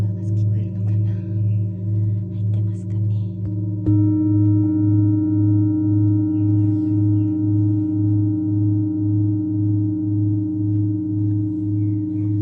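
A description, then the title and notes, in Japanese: A singing bowl hums steadily, its low tone wavering in a regular slow pulse throughout. Near four seconds it is struck again, adding brighter ringing tones that sustain to the end. Faint, sparse bird chirps flicker above during the first few seconds. メキシコから おやすみシンギングボウルのサウンドヒーリング。小鳥さんの声とSinging Bowlの音。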